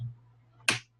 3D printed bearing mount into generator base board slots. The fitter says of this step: so you can push it down until you hear it click